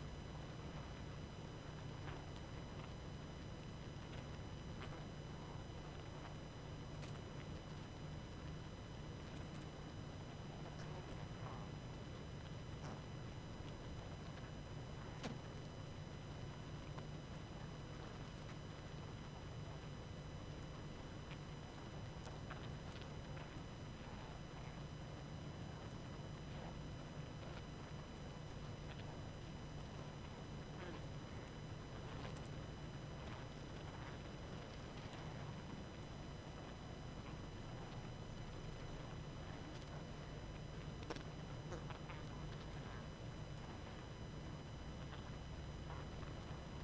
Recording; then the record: honeybee colony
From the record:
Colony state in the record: active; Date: 12 June 2018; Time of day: 21:47